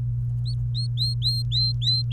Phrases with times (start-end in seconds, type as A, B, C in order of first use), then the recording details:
0.46-2.12 A. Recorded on 28 April 2018 at 17:09. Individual llb3